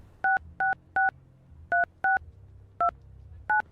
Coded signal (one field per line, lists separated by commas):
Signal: DTMF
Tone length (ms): 160 ms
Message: 6663629